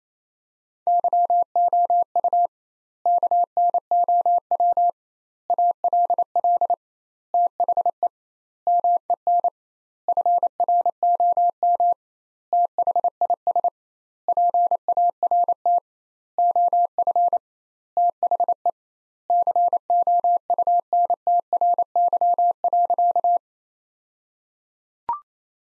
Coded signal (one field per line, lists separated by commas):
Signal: Morse code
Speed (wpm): 28 wpm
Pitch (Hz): 700 Hz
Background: none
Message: YOU KNOW ALL THE MEN FROM THIS PART OF THE COUNTRY.